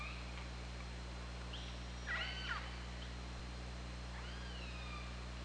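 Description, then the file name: Killer whale calls, a short pulsed harmonic call followed by a soft descending tonal whistle, over steady hum. Recorded by OrcaLab hydrophone on 24 August 2017 at 21:38:47. "Orca Lab UTLN JASON 20170824 213847"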